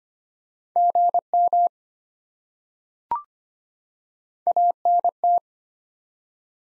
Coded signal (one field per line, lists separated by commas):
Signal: Morse code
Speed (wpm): 25 wpm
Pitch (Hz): 700 Hz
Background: none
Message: GM ANT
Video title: Top 20 QSO Elements 25wpm